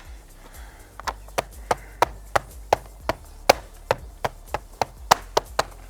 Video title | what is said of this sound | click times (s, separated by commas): Transform Your Backyard: DIY Screen Porch Build from Start to Finish! | side just snap crackle pop baby like the rice crispy treat | 2.0 s, 2.4 s, 2.7 s, 3.5 s, 3.9 s, 5.1 s